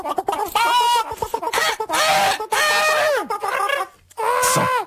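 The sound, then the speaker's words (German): A rooster gives a run of loud, harsh, strongly pitched calls in four or five bursts, some ending in a falling squawk, with short pauses between them and no one talking. “Und da kommt der Hahn, nicht?”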